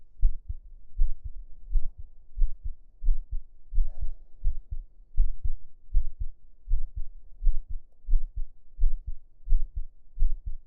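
Steady low thumping heartbeat at about 85 beats a minute, heard with the ear lying on an adult's chest under the shirt, with a brief stomach gurgle midway.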